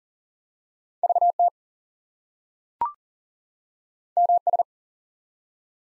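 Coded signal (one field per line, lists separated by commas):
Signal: Morse code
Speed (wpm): 38 wpm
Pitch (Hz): 700 Hz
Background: none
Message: VT MS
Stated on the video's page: Morse head-copy drill of ARRL section abbreviations used in Field Day exchanges, at 40 wpm, each sent, then spoken, then sent again.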